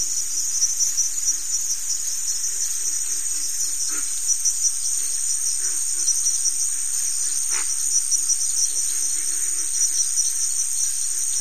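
Cricket chorus, a continuous bright high trill, with quiet rhythmic lower pulses and two faint sharp clicks.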